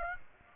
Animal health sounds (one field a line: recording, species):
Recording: mosquito wingbeat signal from an infrared sensor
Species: Aedes aegypti